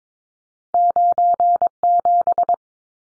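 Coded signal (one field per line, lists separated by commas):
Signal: Morse code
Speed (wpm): 22 wpm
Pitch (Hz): 700 Hz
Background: none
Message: 97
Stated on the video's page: Two-digit number copy drill at 22 wpm, each number sent in Morse twice.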